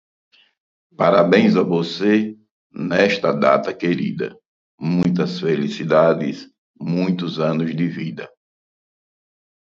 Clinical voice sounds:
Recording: short text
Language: Brazilian Portuguese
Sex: male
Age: 50 to 59 years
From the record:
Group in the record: control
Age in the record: 58 years

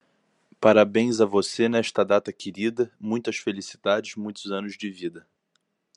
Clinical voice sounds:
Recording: short text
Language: Brazilian Portuguese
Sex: male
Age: 20 to 29 years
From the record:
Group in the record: control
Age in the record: 26 years

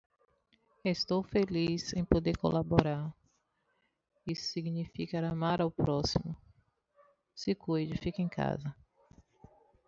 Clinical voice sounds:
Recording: spoken sentence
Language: Brazilian Portuguese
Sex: female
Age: 50 to 59 years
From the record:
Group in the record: control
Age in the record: 51 years

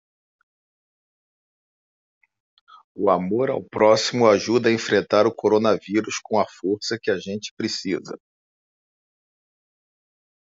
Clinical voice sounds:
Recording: spoken sentence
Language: Brazilian Portuguese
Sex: male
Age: 50 to 59 years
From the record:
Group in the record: control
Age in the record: 51 years

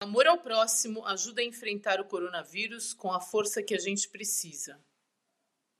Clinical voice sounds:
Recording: spoken sentence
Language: Brazilian Portuguese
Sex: female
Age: 50 to 59 years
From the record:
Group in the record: control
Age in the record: 56 years

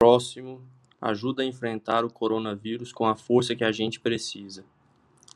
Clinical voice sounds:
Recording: spoken sentence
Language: Brazilian Portuguese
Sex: male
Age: 30 to 39 years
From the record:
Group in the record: control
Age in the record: 30 years

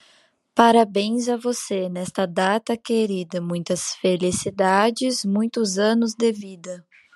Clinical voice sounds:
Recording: short text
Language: Brazilian Portuguese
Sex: female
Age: 20 to 29 years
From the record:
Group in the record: control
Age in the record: 24 years

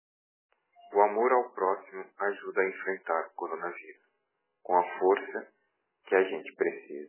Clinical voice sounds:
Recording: spoken sentence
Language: Brazilian Portuguese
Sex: male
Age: 40 to 49 years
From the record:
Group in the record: control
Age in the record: 40 years

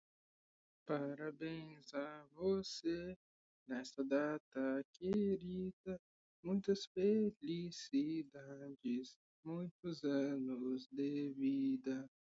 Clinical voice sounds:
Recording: short text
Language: Brazilian Portuguese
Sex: female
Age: 20 to 29 years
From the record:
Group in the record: control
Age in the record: 20 years

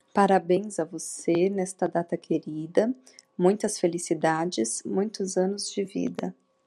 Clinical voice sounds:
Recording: short text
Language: Brazilian Portuguese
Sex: female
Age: 30 to 39 years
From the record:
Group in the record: control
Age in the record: 34 years

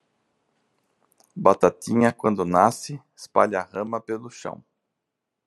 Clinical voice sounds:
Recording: short text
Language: Brazilian Portuguese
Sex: male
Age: 40 to 49 years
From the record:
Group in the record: control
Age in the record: 49 years

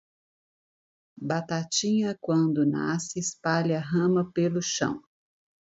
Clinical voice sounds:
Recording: short text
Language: Brazilian Portuguese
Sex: female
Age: 50 to 59 years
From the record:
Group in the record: control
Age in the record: 51 years

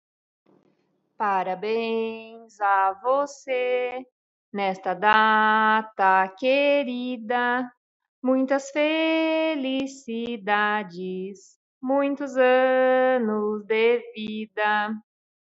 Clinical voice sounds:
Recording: short text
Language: Brazilian Portuguese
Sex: female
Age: 30 to 39 years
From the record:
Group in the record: control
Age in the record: 37 years

